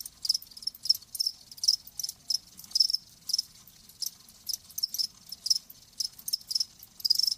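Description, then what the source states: Cricket giving high chirps in short pulsed bursts, repeated several times a second. Live crickets chirping, a lulling song.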